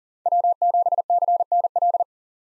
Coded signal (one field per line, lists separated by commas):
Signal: Morse code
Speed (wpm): 37 wpm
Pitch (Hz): 700 Hz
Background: none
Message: W7CNL